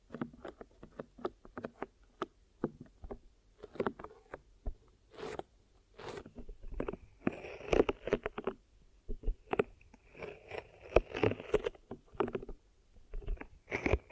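Ear massage and cleaning sounds: soft, rapid rubbing and tapping that patter in quick, uneven bursts across the whole clip. Sharper bright swishes and crackles cut in around six seconds and again near eight, eleven and fourteen, over a low muffled thudding.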